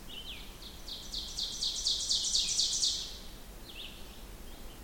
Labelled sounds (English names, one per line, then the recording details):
Ovenbird song
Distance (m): 30 m
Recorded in boreal forest in Alberta, Canada, on 16 June 2016 at 06:37
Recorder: SongMeter 3, array SBT-3-32
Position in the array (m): 151 m, 33 m
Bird 36